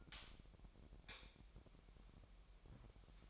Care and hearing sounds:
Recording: daily activity, microphone in the room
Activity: light off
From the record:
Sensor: 1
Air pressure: 1012.0 hPa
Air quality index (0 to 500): 236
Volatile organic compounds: 6 ppm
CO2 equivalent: 1877 ppm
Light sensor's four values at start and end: 17/48/19/21 and 14/33/14/16

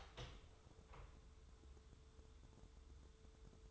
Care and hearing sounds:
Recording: daily activity, microphone in the room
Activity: open door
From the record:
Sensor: 3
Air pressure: 1015.1 hPa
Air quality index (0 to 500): 104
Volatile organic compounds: 3 ppm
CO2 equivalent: 1442 ppm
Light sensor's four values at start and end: 15/39/16/17 and 15/39/16/17

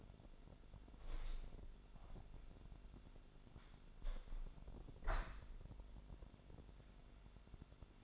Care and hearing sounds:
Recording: daily activity, microphone in the room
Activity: open window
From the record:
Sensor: 5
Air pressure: 1006.7 hPa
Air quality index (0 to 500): 194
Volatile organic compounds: 6 ppm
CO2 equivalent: 1848 ppm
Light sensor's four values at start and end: 57/161/62/63 and 57/161/63/63

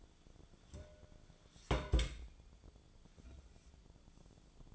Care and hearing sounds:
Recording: daily activity, microphone in the room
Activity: place on stove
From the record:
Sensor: 5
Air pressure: 1010.0 hPa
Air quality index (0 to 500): 152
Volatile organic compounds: 3 ppm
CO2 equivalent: 1480 ppm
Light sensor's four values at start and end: 253/610/261/290 and 252/608/260/288

